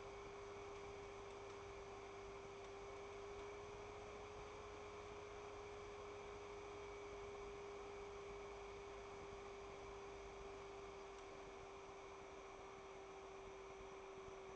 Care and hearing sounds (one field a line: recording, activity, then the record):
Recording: daily activity, microphone in the room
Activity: make coffee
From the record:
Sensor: 1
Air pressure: 1014.7 hPa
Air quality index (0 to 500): 191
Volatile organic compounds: 27 ppm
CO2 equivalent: 2885 ppm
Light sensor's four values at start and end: 4/9/3/3 and 4/9/3/3